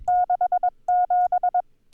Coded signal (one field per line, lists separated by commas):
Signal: Morse code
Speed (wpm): 21 wpm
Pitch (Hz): 720 Hz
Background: none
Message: 67